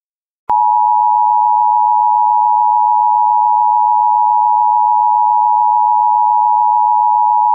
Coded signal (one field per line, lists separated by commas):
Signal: Emergency Alert System (SAME) tones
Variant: 853 and 960 Hz attention tone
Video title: EAS Mock - St. Patty's Day Chaos in St. Louis